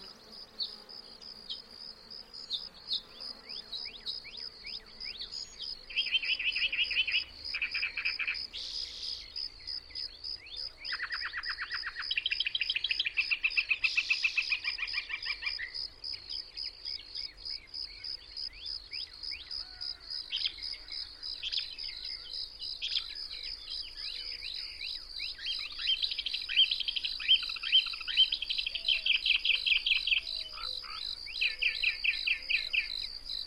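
A nature chorus of insects and birds. A steady, dense high trill of insects runs throughout, while bird calls and chirps in a lower, brighter middle range come in bursts, most busily around 6 to 16 seconds and again near 25 to 33.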